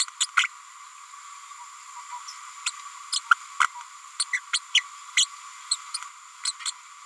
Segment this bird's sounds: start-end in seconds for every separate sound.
0.20-0.26, 0.36-0.44, 2.66-2.70, 3.12-3.19, 3.30-3.35, 3.59-3.67, 4.19-4.25, 4.32-4.39, 4.53-4.59, 4.74-4.80, 5.17-5.25, 5.71-5.76, 5.94-5.97, 6.45-6.52, 6.65-6.72